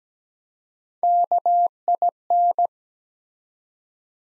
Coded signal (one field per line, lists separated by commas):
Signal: Morse code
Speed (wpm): 17 wpm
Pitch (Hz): 700 Hz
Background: none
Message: KIN